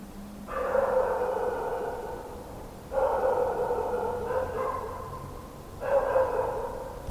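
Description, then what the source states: Dog giving sustained, wavering howling cries, each holding steady before fading, over a soft background hiss. Mongrel dogs barking at night in winter, in a courtyard.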